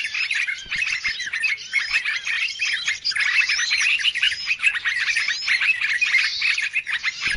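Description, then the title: Dense bird chatter, many high tweets and trills overlapping continuously, with brief swells in loudness. Chorus of noisy birds used as a lure sound to attract birds; many birds said to approach as soon as it is played. "Baru Diputar Dah Banyak Merapat! Suara Pikat Burung Ribut"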